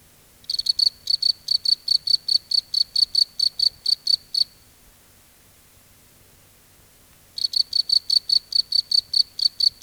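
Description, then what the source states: Cricket delivers a fast, even series of shrill chirps, falls silent for around three seconds, then resumes at the same quick rhythm. Crickets at night in a field.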